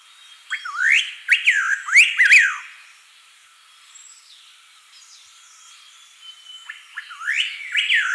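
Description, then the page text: Striated laughingthrush song: a burst of loud, rich whistled notes with sharp upward and downward slurs, a pause, then the phrase starts again near the end. "Striated Laughingthrush Song. Quick Sounds"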